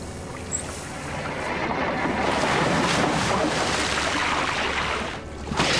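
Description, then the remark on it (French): Water gushes steadily from a tap in a continuous hissing rush that starts abruptly, holds at an even level for about five seconds, then cuts off. “Bon alors, où est-ce qu'il est le robinet? Voilà.”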